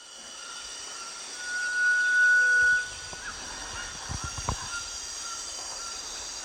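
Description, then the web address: Variegated tinamou giving a single pure, steady whistle lasting just over a second, over a constant high insect drone. Recorded in the eastern lowlands of South America. "Natures Songs S America Eastern Lowlands. Variegated Tinamou"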